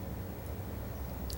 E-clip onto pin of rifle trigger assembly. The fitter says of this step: allows the e-clip to snap in place with the screwdriver